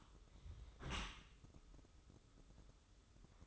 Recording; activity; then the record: daily activity, microphone in the room; close dishwasher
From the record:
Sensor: 3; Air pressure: 995.8 hPa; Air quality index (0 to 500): 97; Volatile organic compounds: 13 ppm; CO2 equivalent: 2422 ppm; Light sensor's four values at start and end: 27/82/34/30 and 27/82/34/30